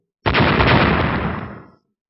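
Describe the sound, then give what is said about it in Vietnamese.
A loud, sudden booming explosion bursts in with a sharp onset, then a dense rumbling roar sustains for over a second before fading out into silence. “Âm thanh chấn động trời đất liên tiếp vang lên, trên người của tử sắc cự ngưu rung lên từng trận sóng hình tròn không ngừng tấn công ra bốn phía.”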